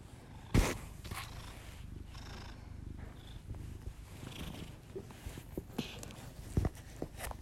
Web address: Miss Because. Just Purrs [ASMR][Literally just my cat purring and my heavy breathing]